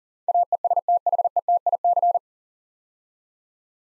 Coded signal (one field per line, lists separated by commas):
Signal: Morse code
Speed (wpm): 43 wpm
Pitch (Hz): 700 Hz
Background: none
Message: AESTHETIC